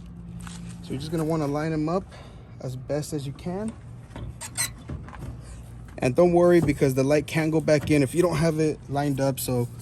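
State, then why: Not seated. A tail light assembly on a 2014 Ford F150 Platinum is moved and lined up with its mounting holes on the truck body before being pushed home, with short light handling knocks near 0.4 s and between 4.2 and 5.2 s. Someone talks over most of the clip. Nothing has seated or clicked into place yet.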